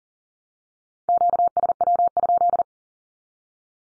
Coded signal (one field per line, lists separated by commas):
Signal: Morse code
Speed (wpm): 40 wpm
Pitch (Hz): 700 Hz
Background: none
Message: QSW?